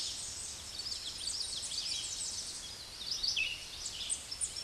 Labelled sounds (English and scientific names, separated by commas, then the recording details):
Common Yellowthroat (Geothlypis trichas) song
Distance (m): 50 m
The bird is about level with the microphone
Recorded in a Pennsylvania forest on 16 May 2024 at 08:01
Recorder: AudioMoth, point MSD-2305
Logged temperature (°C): 16.9 °C
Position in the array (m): 46 m, 145 m